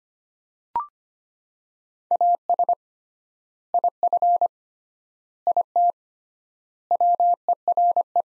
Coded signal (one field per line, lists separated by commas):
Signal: Morse code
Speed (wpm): 25 wpm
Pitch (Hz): 700 Hz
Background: none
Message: AS IF IT WERE